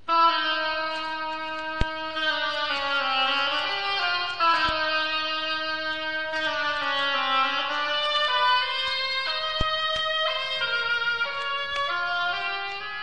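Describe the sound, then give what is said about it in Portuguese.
An oboe, representing Sonia the duck in a children's musical story, plays a slow, plaintive melody alone, its reedy, nasal tone gliding between mid-range notes in a steady, legato line of moderate loudness. “Sônia, a pata, será representada por um instrumento chamado oboe e que soa assim.”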